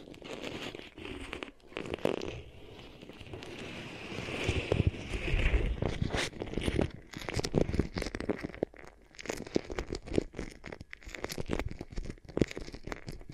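Beeswax is pressed and worked for ear triggers, making dense sticky crackles, crinkles and tearing pops. The sound swells into a thicker, louder stretch around four to six seconds, then breaks into sharper, sparser clicks and snaps through to the end.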